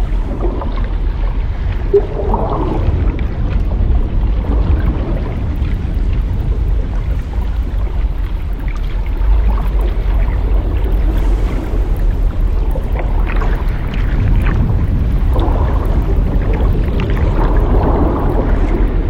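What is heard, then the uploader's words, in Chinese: A steady underwater rumble, thick and low, fills the whole stretch with no pauses. Faint murky swells of mid-range sound drift in around two seconds and again near the end, with soft scattered clicks above, like a boat engine heard from the deep. 海底的声音｜让我们去海里潜水呀｜白噪音。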